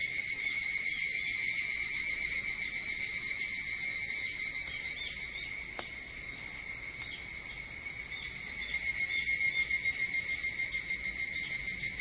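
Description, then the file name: Evening cicada chorus, steady piercing ringing with light rhythmic throbbing, one sharp click near the middle. Recorded 22 July 2023 at 04:40. "higurashi 230722 0440"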